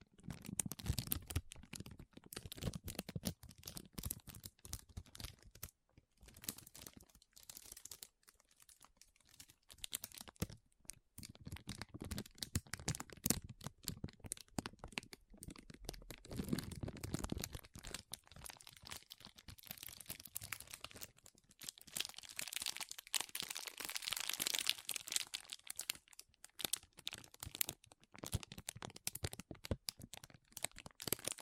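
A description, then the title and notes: Soft, squishy, sticky handling with crinkling and cutting sounds, made of dense runs of quick crackles and snips. Bursts come and go, with brief gaps near 6 and 11 seconds. A bright, hissy stretch of crinkling builds around 22 to 26 seconds. Soft Squishy Sticky, Crinkle, Cutting Sounds.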